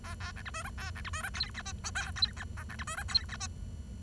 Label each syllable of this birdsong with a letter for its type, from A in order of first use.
A A B C D E A B C D E F G H I J F G K B C D E F G H